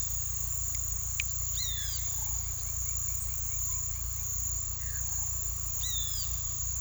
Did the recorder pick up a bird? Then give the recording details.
yes. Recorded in pastures near Puerto Asís, Putumayo, Colombia, on 18 December 2024 at 08:00. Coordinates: 0.486, -76.323. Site GP01